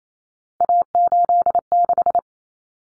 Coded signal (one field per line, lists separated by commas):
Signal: Morse code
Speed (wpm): 28 wpm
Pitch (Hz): 700 Hz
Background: none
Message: A86